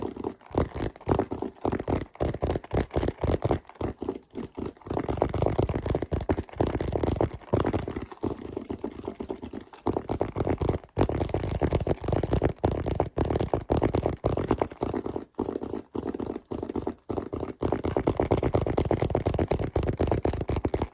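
Fast, aggressive tapping and scratching runs through the whole 21 seconds without a pause. Rapid sharp taps break up a dense, gritty scraping texture that stays mostly low and full, with a few brief gaps around the middle and later.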